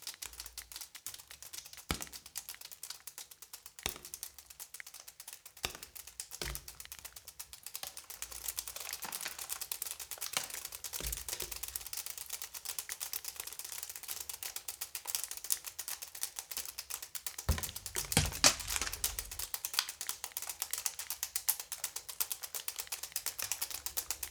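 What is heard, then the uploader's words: Water drips in a steady, dense patter of tiny sharp clicks, like rapid tapping, with a low hum underneath. Louder, fuller drops land every couple of seconds early on, and a heavier splashing burst rises around eighteen seconds before settling back. Dripping introduces the listener to imaginary rooms, whose physical structures are made tangible by the composition of droplets generating sound. The initially irregular dripping sounds describe a path through a "virtual" soundscape of various different material consistencies.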